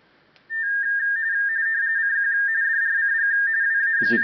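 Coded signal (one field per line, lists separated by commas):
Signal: RTTY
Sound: warbling two-tone teleprinter signal shifting rapidly between close pitches, then brief voice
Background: brief speech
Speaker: As you can see, it's decoding great.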